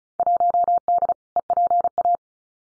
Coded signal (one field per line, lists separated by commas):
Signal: Morse code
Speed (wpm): 34 wpm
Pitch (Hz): 700 Hz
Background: none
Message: 1D EPA